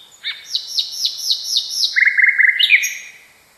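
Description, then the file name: Common nightingale song: a run of repeated downslurred whistles, then a quick rattling series of sharp notes and a high flourish at the end. Song variation. "kicauan nightingale. variasi. omkicau"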